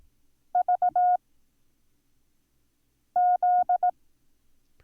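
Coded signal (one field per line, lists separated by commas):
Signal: Morse code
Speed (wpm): 18 wpm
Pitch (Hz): 720 Hz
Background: none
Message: VZ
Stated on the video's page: Morse code lesson introducing the letters B, Z and V.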